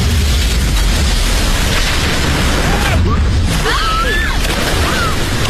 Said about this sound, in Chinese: 临时搭建的玻璃舞台突然发生爆裂，导致整个剧院彻底倒塌。虽然没有造成伤亡